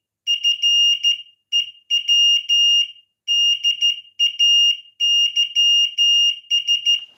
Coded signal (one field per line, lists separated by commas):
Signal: Morse code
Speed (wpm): 14 wpm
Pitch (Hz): 2850 Hz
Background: none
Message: FEW DAYS